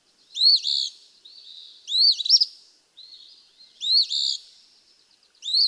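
Eastern phoebe song: buzzy, rasping two-note phrases repeated several times, interspersed with faint stuttering notes.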